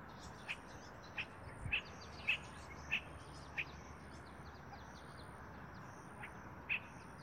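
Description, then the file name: Spot-flanked barbet giving scattered short notes, irregularly spaced with a long pause before a final call, over steady background hiss. "Tricholaema lacrymosa - Spot-flanked Barbet"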